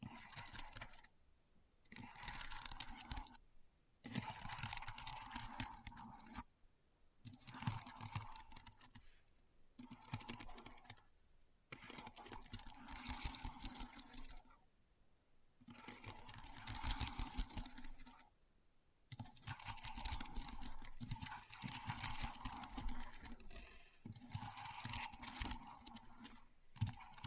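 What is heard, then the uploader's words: Keyboard typing in rapid, dense bursts of clicky keystrokes, broken by short silent pauses roughly every two to four seconds. ASMR Keyboard Sounds (No Talking).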